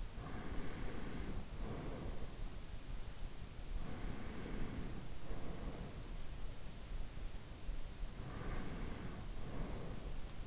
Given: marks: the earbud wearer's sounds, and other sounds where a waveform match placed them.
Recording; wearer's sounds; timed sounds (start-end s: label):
sounds in sleep by an in-ear microphone; breath
0.00-2.40 s: breath
3.68-6.17 s: breath
8.04-10.46 s: breath